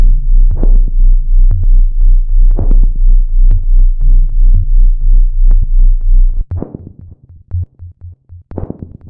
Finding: Cosmonaut heart beat.